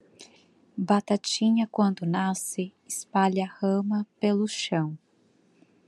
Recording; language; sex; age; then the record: short text; Brazilian Portuguese; female; 20 to 29 years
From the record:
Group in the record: control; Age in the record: 28 years